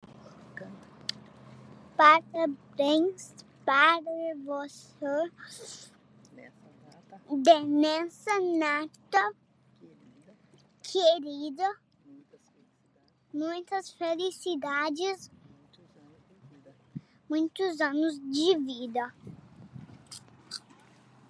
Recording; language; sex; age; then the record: short text; Brazilian Portuguese; female; 60 to 69 years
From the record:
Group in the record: control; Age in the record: 64 years